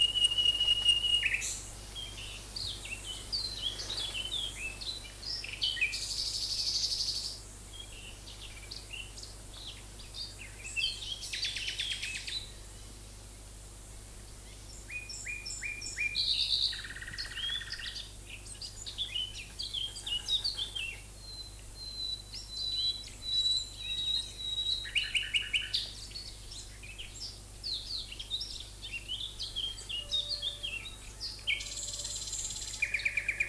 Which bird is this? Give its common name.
Common Nightingale